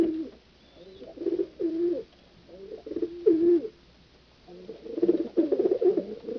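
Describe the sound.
Pigeon cooing: low, burbling coo phrases in several groups separated by short pauses, over a faint background hiss.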